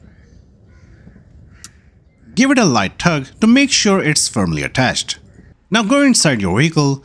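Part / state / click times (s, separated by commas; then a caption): wiring harness connector onto fog light bulb socket / seated / 1.6 s. A wiring harness connector is pushed straight onto the socket of a new front fog light bulb on a Kia Sportage and seats with one sharp click at 1.6 s over quiet background bird noise. Someone then talks for the rest of the clip.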